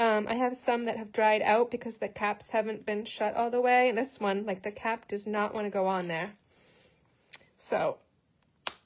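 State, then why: Seated. Someone talks, then pushes a stiff plastic cap back onto a Stampin' Blends alcohol marker, since markers whose caps aren't shut all the way dry out. After a few quiet fumbling sounds, the cap clicks shut at 8.7 seconds and seats in place.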